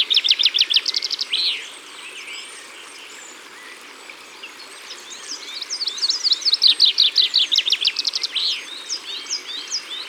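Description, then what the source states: Common Chaffinch song: a rapid descending rattle with an end flourish, then after quiet chirping a longer, louder trilled phrase. Recorded at the water's edge.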